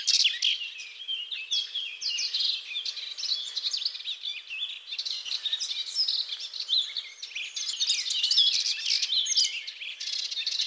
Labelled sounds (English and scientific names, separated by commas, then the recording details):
Melodious Warbler (Hippolais polyglotta) song
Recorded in the wild
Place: St. Laurent des Arbres und Umgebung, FR
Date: 2004-05-25
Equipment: MiniDisc Sharp MT 20 H, Telinga DAT, Telinga-Parabolspiegel
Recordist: Schwarz, Dieter
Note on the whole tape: Song